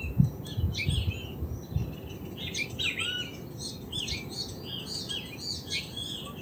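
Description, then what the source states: Great kiskadee calls, arched notes mixed into a busy chorus of chirping birds over steady low background noise. Great kiskadees singing amid ambient sound near the Iyuí stream, Casavalle, Montevideo, Uruguay, 7 October 2019; recorded by Alejandro Andrada for Proyecto CasavalleDigital.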